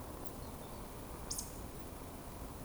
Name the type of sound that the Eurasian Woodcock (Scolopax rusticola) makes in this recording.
whistle